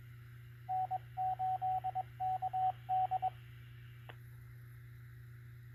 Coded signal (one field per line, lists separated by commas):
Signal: Morse code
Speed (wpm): 21 wpm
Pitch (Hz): 750 Hz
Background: radio noise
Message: N8KD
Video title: 2M HAMS TALKING CORONAVIRUS PROBLEMS ON ICOM R30 3-17-2020